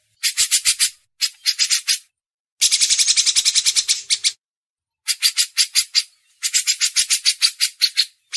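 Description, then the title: Grey-cheeked bulbul giving repeated buzzy rattling bursts of rapid, even pulses, broken by short pauses. Masteran training recording. "MASTERAN CUCAK JENGGOT"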